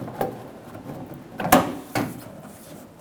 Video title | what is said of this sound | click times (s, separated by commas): How to Replace Rear Wheel Arch Moldings 2005-2015 Toyota Tacoma | get it snapped into place | 1.5 s